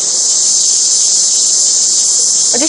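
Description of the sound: A steady, piercing high-pitched hiss-buzz, like cicadas chirping in summer, runs unbroken through the whole clip, with a brief faint rising sound at the very end. It is a simulated tinnitus sound of the cicada-like type, a constant ringing.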